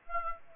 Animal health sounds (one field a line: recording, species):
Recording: mosquito wingbeat signal from an infrared sensor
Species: Aedes aegypti